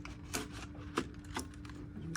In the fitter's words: You hear a click.